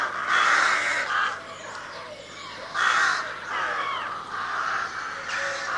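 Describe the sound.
Crows cawing in harsh bursts, some doubled, with fainter calls between them.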